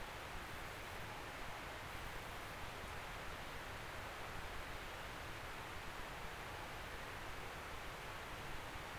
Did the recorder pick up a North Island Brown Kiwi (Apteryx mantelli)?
no